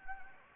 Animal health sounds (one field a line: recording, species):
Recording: mosquito wingbeat signal from an infrared sensor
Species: Anopheles gambiae